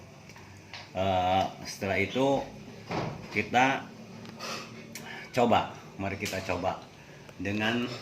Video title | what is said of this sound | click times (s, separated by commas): STATER MOTOR VARIO TIDAK BERFUNGSI/TIDAK HIDUP. | dengan cara ditekan dan Sampai bunyi klik e | 0.7 s